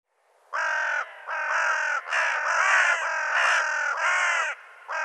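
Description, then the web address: Bird giving a run of loud, harsh, raspy caws after a silent start, several in a row with brief gaps, some running together. "cianscape birddata Deverinetal 2025"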